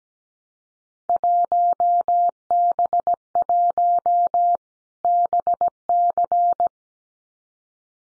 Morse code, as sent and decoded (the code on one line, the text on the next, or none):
.---- -... .---- / -... -.-.
1B1 BC